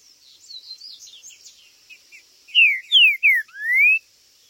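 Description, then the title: Green-winged saltator song: after soft twittering, four loud clear whistled notes, three falling slurs then a longer rising one, over a steady high hum. Territorial singing and chirping in a contest. "TRINCA Piando, Cantando E Macheando Na DISPUTA. TRINCA FERRO"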